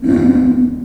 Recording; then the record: squeal of a Yucatan mini pig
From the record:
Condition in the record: after surgery on the right vocal fold (resection and tissue-engineered implant); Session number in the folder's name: 2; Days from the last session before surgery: 18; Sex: female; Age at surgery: 19 weeks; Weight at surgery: 25 kg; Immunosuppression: prednisolone